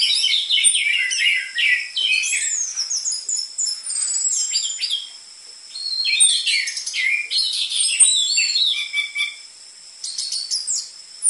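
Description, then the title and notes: Orange-headed thrush song, dense and varied, with fast twittering phrases and brief pauses; a steady high tone persists behind. Energetic (gacor) song used as a lure (pikat) and dense filler material for tutoring caged spotted (trotol) orange-headed thrushes. "PANCINGAN Anis Merah Gacor Materi Isian Rapat Cocok Untuk MASTERAN Anis Merah TROTOL. pikat"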